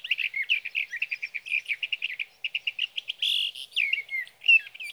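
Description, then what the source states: Sage thrasher song, an unbroken rush of quick warbled notes with a brief buzzy stretch and sliding whistles toward the end. Male singing through the night near his night roost, three nights from the evening of June 12 to the morning of June 15, 2018, Sierra Valley, California; Swift recorder placed near roost.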